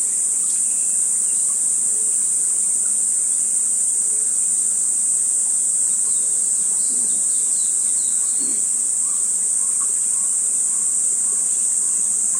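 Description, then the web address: Kaempfer's cicada droning: a steady, unbroken, very high hiss that holds at one pitch throughout. Recording carries the date code 140716. "birdenaga niiniizemi"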